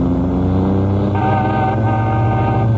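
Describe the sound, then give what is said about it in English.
A sports car engine runs loud and steady, a continuous throaty rumble with layered harmonic tones that shift slightly higher about halfway through, with no voices. “Hey, where'd you get that sports car?”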